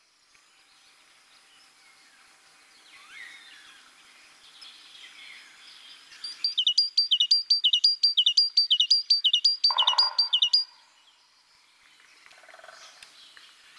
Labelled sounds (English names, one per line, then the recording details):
Great Tit song
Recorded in the wild
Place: Oberrotweil am Kaiserstuhl, Baden-Württemberg, DE
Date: 1988-02-21
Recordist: Schwarz, Dieter